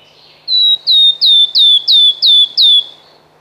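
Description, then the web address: Wood warbler piping song: seven clear, mellow whistled notes, each sliding downward, repeated evenly about three times a second. "Przyroda Ptaki Świstunka leśna"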